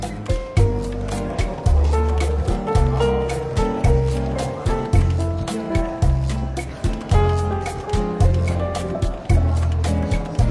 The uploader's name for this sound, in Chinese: 伦敦书店咖啡馆轻微喧闹氛围与柔和轻松的爵士背景音乐